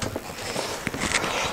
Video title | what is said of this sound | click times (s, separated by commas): Подробный обзор Britax & Romer Trifix (Ремер Трификс) - детское автокресло от 9 месяцев до 4 лет | само кресло мы устанавливаем на isofix услышим обязательно характерный щелчок | 0.9 s